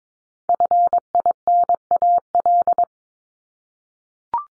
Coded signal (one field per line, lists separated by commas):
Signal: Morse code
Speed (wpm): 22 wpm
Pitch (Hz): 700 Hz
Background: none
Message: FINAL